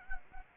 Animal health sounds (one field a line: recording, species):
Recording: mosquito wingbeat signal from an infrared sensor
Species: Anopheles gambiae